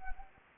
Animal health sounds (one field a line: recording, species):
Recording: mosquito wingbeat signal from an infrared sensor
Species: Anopheles arabiensis